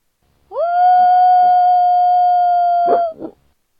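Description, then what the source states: Coyote howl: one long steady howl that rises quickly at the start and holds level for about two and a half seconds, with a few short bark-like sounds around it. Howl accompanied by barking.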